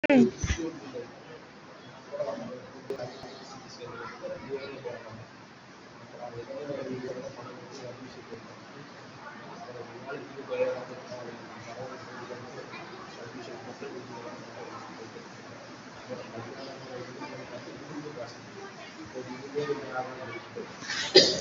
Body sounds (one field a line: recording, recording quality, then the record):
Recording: shallow breathing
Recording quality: poor, much background noise or distortion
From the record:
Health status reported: COVID-19 positive, mild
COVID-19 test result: positive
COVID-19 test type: RT-PCR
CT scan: not taken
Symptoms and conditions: cough, cold, fever, fatigue, muscle pain, loss of smell and taste, hypertension, diabetes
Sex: male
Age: 64 years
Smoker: no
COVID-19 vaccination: both doses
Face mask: worn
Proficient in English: yes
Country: India